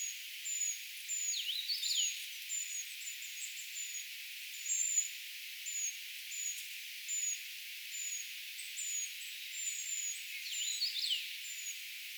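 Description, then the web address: Eurasian treecreeper calls: a long series of very high, thin, slurred notes repeated throughout, with lower, sweeping chirps twice. Calls of a brood of young treecreepers, recorded 4 June 2025; the recordist gives the identification as tentative. "paivat 4 6 2025 tietaakseni puukiipijapesueen aantelya"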